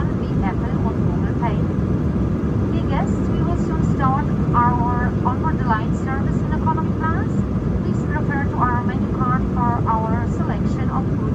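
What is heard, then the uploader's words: A steady, deep roar fills the cabin of an airliner in flight, unchanging from start to finish. Over it, a voice speaks almost continuously, clear, as if someone is talking or an announcement is playing. FULL FLIGHT - Embraer E190 Frankfurt to London City Airport (Lufthansa) - WHITE NOISE.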